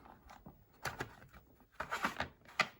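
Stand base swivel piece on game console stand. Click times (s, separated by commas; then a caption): 1.8 s. The plastic swivel piece of a PlayStation 5 console stand base is swivelled to the right until it locks into position, with soft handling scrapes and knocks before it. A sharp click at 1.8 s marks the stand locking into place, followed by a few more light taps and clatter as it settles.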